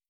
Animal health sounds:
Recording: hydrophone in a shrimp aquaculture tank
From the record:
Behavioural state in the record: starved

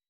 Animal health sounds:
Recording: hydrophone in a shrimp aquaculture tank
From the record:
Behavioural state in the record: weakened

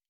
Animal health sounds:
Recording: hydrophone in a shrimp aquaculture tank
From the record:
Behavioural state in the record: normal

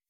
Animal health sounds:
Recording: hydrophone in a shrimp aquaculture tank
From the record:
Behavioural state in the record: weakened

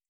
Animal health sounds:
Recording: hydrophone in a shrimp aquaculture tank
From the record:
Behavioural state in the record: feeding

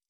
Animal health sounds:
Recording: hydrophone in a shrimp aquaculture tank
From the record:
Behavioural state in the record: stressed

